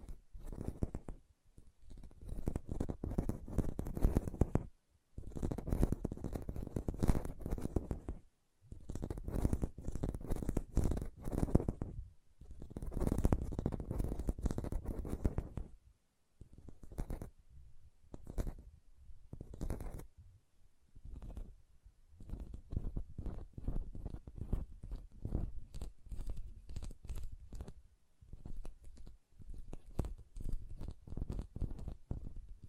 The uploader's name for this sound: ASMR Hand Sounds, Nail Tapping and Lotion Sounds